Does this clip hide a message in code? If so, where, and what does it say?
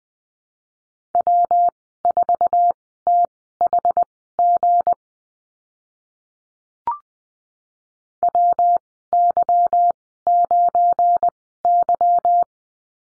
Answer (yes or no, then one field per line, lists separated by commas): yes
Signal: Morse code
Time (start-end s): 1.1-12.4 s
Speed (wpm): 20 wpm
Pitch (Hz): 700 Hz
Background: none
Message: W4THG WY9Y